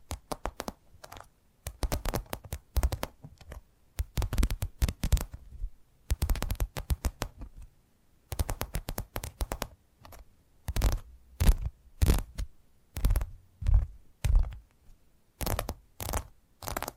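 Tapping triggers in quick bursts of crisp, bright taps with short pauses between, the rhythm shifting to sharper, spaced single taps later.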